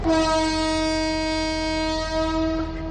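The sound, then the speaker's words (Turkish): A train sounds one long, steady horn blast as it pulls out of a station, a loud, rich chord held for over two seconds over a low rumble of the train, with no voices. “Tren kalkıyor, gitme.”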